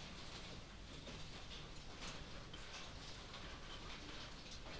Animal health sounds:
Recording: poultry house recording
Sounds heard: no chicken sound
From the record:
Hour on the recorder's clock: 2

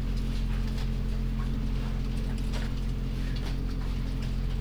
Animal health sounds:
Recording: poultry house recording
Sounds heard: sick chickens (respiratory disease)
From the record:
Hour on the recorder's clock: 21

